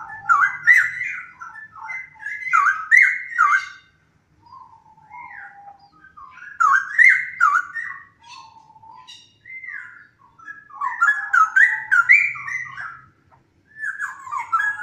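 Straw-headed bulbul song: repeated bursts of loud, bubbling, melodious whistled warbles, each a couple of seconds long, separated by brief pauses and softer lower notes.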